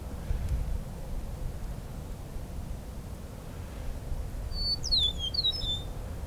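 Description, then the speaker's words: Eastern Meadowlark giving one short phrase of bright, slurred descending whistles late on, after several seconds of low rumbling background. Among the first eastern meadowlarks of the season, singing at Vine Mount Meadow Sanctuary, Ontario; a very melodic song. "just a song that I know really well. Eastern meadowlark's very melodic."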